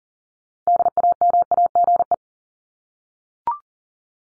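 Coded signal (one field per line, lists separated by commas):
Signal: Morse code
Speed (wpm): 40 wpm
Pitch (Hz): 700 Hz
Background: none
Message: DAMAGE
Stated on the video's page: Morse word drill at 40 wpm for head-copy practice, each word sent, spoken, then sent again.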